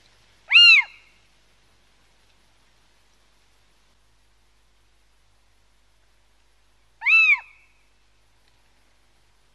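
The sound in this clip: Little owl utters two short mewing calls well apart, with a brief click at the very end.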